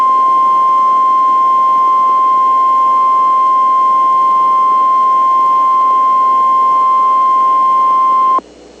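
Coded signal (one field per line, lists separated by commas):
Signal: Emergency Alert System (SAME) tones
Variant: 1050 Hz attention tone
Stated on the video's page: Recording of a New Hampshire monthly test; some monthly tests originate from the National Weather Service in Gray, Maine.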